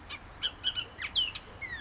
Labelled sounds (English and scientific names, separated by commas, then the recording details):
Bullock's Oriole (Icterus bullockii)
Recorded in Sonoma County, California